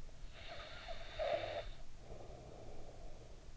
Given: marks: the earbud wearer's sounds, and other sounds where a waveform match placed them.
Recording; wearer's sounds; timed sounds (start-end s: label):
sounds in sleep by an in-ear microphone; snoring breath
0.05-3.14 s: snoring breath